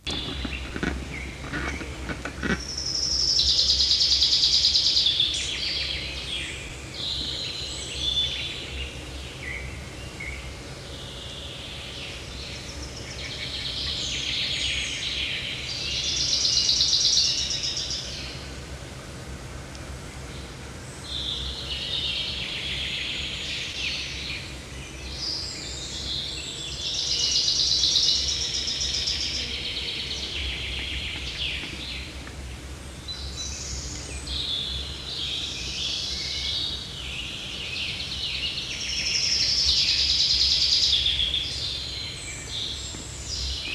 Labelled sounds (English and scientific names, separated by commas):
Common Chaffinch (Fringilla coelebs) song